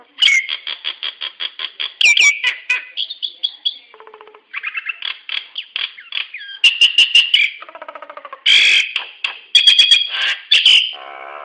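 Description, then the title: Nias hill myna producing a varied stream of rapid clicks, ringing whistles and harsh nasal notes, with brief quiet buzzy pulses in between. "Burung jalak nias"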